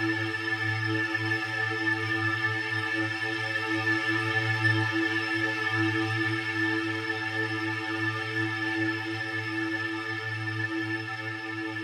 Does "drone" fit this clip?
yes